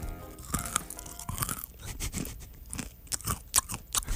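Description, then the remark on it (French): Crunchy snack mix of grains with dark chocolate being chewed, a run of sharp, irregular crunches and crackles repeating steadily for several seconds with no talking over them. “Ah oui, hein, c'est croquant à souhait.”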